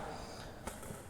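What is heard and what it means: A fiber drop cable in a fiber optic stripping tool is pressed closed until it clicks. The click comes at 0.7 s, a short sharp burst over a steady low background. The tool has closed and clicked, confirming it is set.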